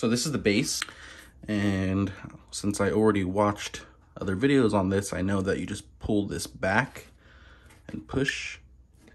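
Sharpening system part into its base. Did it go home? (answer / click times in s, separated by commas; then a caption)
no / none. Someone talks while handling a component of a TSPROF Kadet Pro knife sharpening system, pulling it back and pushing it toward its base. Only faint handling sounds are heard under the speech, and nothing has seated or clicked into place yet.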